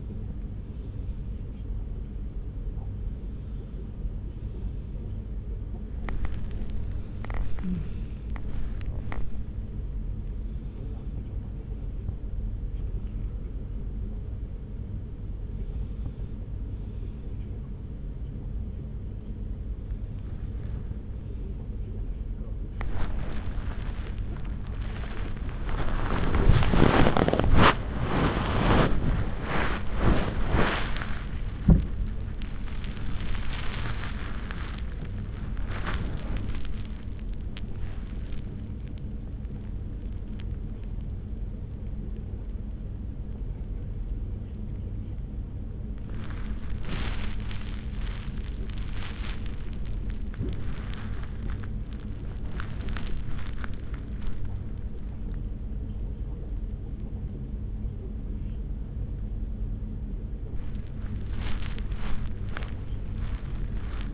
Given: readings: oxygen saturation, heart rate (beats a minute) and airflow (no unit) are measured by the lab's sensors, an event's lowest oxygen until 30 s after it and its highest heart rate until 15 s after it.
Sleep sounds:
a person awake in a sleep study, by a smartphone at the bedside; none
0.00-64.14 s: awake
From the record:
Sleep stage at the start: awake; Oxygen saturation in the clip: 94 to 96%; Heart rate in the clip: 73 to 95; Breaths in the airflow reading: 16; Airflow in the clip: -7.1 to 5.3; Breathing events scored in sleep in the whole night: 335 in 6.7 hours asleep

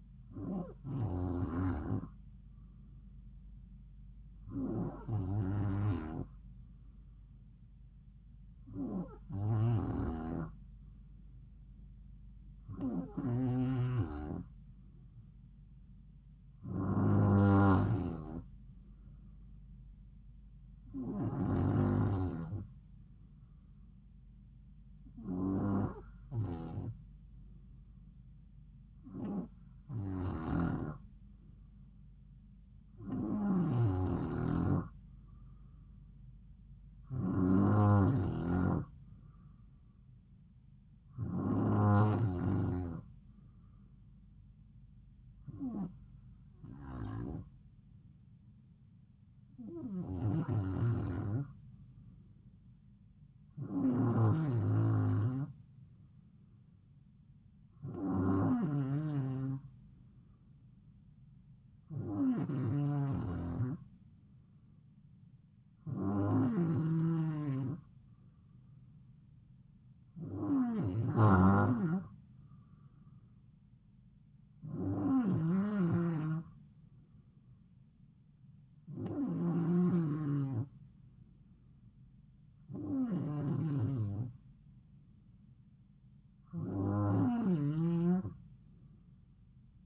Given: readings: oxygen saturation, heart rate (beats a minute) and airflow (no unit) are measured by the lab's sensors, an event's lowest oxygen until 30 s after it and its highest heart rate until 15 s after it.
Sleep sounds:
breathing in sleep by a smartphone at the bedside; none
79.00-89.86 s: new sleep stage, N3 (deep sleep)
From the record:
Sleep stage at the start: N2 (light sleep); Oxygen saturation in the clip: 91 to 94%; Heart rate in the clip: 66 to 71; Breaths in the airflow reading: 22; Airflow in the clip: -3.2 to 3.2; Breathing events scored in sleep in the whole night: 270 in 6.1 hours asleep

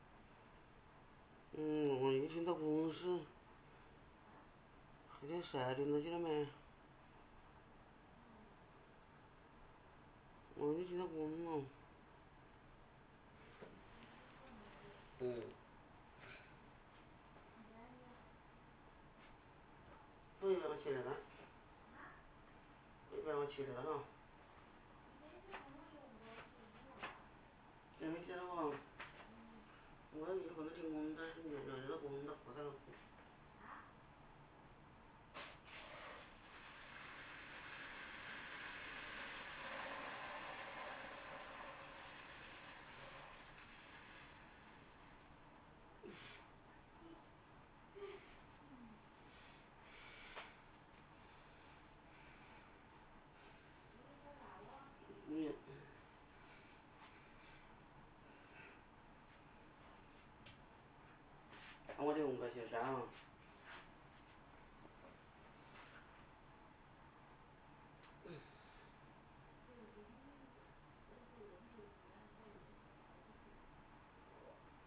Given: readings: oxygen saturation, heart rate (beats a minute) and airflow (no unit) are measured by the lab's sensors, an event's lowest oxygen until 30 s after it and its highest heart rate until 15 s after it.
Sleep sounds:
a person awake in a sleep study, by a voice recorder at the bedside; none
0.00-74.87 s: awake
From the record:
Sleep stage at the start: awake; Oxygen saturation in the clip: 92 to 96%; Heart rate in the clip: 75 to 88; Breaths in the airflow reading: 26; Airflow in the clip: -2.7 to 4.1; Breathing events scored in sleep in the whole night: 328 in 6.3 hours asleep

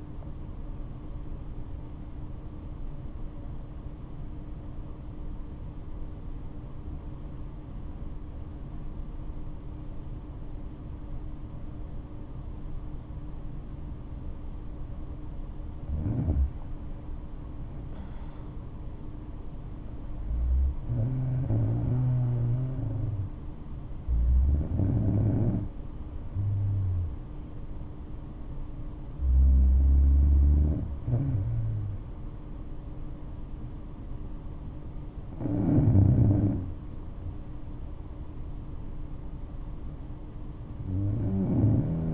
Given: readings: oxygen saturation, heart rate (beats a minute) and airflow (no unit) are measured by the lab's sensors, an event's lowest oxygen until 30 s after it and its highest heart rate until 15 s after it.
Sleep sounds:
breathing in sleep by a smartphone at the bedside; 1
3.00-16.10 s: obstructive apnea (N1, oxygen 97% highest, then 90% lowest, heart rate 77 at the start, 77 highest)
26.00-42.14 s: new sleep stage, N2 (light sleep)
From the record:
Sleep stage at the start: N1 (lightest sleep); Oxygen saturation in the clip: 90 to 97%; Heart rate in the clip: 58 to 77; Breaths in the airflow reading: 5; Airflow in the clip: -8.3 to 8.0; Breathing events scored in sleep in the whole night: 228 in 5.4 hours asleep

